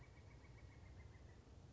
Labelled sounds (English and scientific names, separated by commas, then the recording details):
Pileated Woodpecker (Dryocopus pileatus)
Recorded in Sonoma County, California